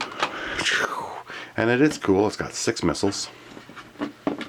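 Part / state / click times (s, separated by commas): plastic missile or launcher part into toy vehicle / seated / 4.3 s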